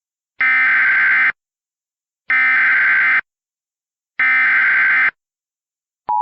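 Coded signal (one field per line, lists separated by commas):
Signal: Emergency Alert System (SAME) tones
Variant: header bursts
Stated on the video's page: Remade alerts using valid EAS tones, recreating Flash Flood Emergency alerts for Michigan dam failures.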